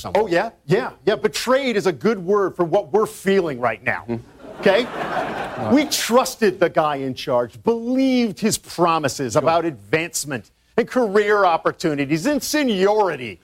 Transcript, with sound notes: Oh, yeah. Yeah. Betrayed is a good word for what we're feeling right now. OK? (LAUGHTER) We trusted the guy in charge, believed his promises about advancement and career opportunities and seniority.